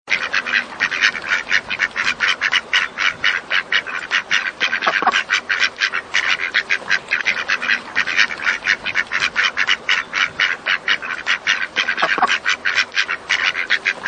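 Duck quacking in a long, steady run of short, nasal quacks, continuing without a break throughout.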